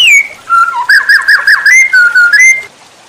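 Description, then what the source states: White-rumped shama song: a varied phrase of rich whistles, a falling opening note followed by a quick run of repeated warbled notes and rising whistles. Masteran (cage bird training) recording titled Murai Batu Labaik.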